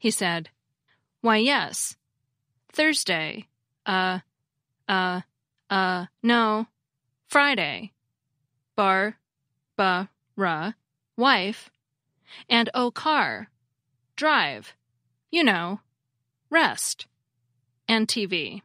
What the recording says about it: An utterance produced by a Broca sufferer, documented by linguist Victoria Fromkin. It was in response to the patient being asked if he had been going home on weekends. Much of the non-fluent aphasia, the ones that cause agrammatic speech, is classified as Broca's aphasia because it's caused by damage to Broca's area.